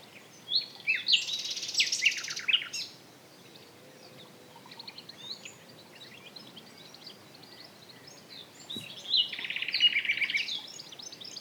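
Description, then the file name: Common nightingale song, a dense buzzy phrase, a quieter middle passage, then another rich rattling phrase at the end. "Luscinia megarhynchos"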